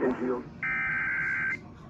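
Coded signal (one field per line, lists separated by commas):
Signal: Emergency Alert System (SAME) tones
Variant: header bursts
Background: speech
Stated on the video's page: Real severe thunderstorm and tornado warnings around Dallas-Fort Worth, received from NOAA Weather Radio on 162.550 and 162.400 MHz plus AM and FM broadcast stations.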